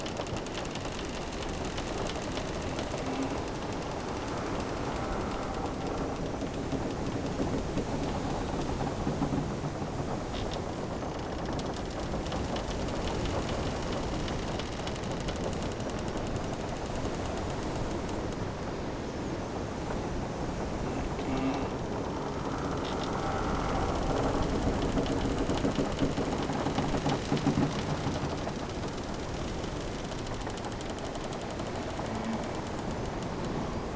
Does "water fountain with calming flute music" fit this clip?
no